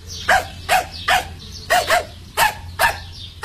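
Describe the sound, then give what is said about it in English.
A dog barks repeatedly, about eight sharp, loud yaps in quick, fairly steady succession, with a faint low hum underneath and no voices. “Sitwell say that he's going to do with the dog?”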